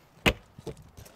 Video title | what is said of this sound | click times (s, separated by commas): Elddis Signature 115 - Handover Video 📜 | you've done that, you can pop it straight back into the van and it'll click into place. | 0.3 s